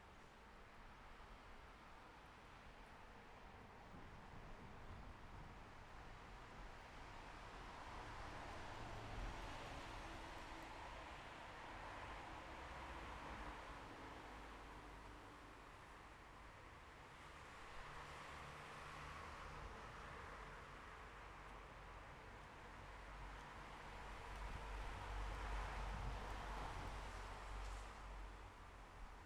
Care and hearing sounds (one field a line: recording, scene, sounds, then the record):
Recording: everyday scene through a hearing-aid microphone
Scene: in traffic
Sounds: traffic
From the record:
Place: bus stop on a city main road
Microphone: behind the ear, left, rear